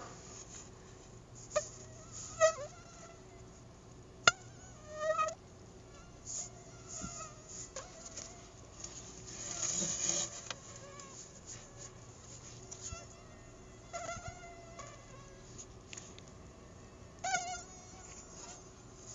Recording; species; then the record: mosquito flight sound by mobile phone; Anopheles arabiensis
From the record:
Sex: female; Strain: Dongola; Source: CDC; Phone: Google Nexus